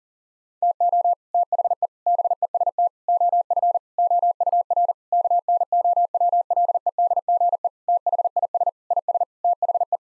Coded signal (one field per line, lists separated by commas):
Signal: Morse code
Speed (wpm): 40 wpm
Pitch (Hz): 700 Hz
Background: none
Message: TO THE BEST OF OUR KNOWLEDGE THIS IS THE